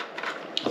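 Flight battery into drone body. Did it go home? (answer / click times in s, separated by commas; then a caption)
yes / 0.6 s. An intelligent flight battery is pushed into the back of a Fimi Mini small folding drone's plastic body, with soft sliding and rubbing sounds at the start. A sharp snap at 0.6 s marks the battery latching securely in place.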